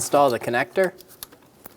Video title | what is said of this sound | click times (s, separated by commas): How to Replace EGR Valve 2000-2007 Ford Focus 2.0L L4 | push until you hear a click if you don't hear a click click give it a pull make sure it's locked on | 1.2 s